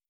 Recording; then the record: hydrophone in a shrimp aquaculture tank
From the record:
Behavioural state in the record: stressed